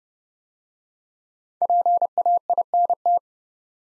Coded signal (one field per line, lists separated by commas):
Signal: Morse code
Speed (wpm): 30 wpm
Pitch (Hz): 700 Hz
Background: none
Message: PAINT